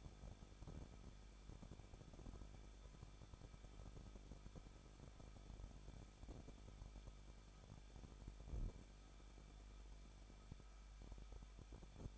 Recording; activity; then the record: daily activity, microphone in the room; no activity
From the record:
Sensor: 5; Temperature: 20.9 degrees Celsius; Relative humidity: 38.2%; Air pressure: 1006.4 hPa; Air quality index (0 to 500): 188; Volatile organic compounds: 18 ppm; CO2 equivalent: 2638 ppm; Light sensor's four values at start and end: 2/3/1/1 and 2/3/1/1